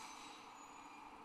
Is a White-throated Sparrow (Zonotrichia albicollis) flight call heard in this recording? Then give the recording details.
no. No flight call is heard. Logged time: 05:13 on 30 November 2014